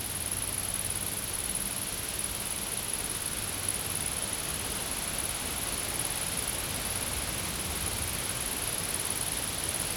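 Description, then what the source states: Insects keep up a continuous high-pitched drone throughout, with a faint low rumble and hiss underneath. Recorded in a field.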